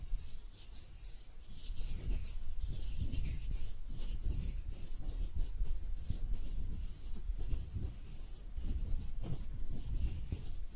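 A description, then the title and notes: Hand sounds with no talking: a steady, dense stream of soft rubbing and brushing, like palms moving against each other and against skin. Low thumps and bumps keep coming irregularly throughout, with brighter scratchy flicks and crackles scattered over the whole eleven seconds. ASMR Relaxing Hand Sounds (No Talking).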